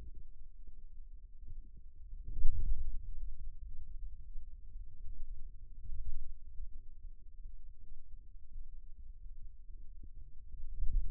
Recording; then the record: forearm muscle sounds (acoustic myography)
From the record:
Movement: ulnar deviation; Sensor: system 2, bracelet of six BSWA MPA416 microphones around the upper forearm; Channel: 1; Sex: male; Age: 22 years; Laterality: right